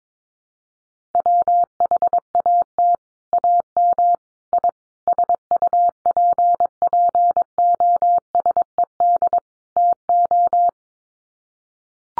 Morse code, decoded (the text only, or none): WHAT AM I SUPPOSED TO